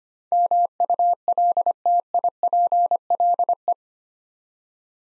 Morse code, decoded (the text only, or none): MULTIPLE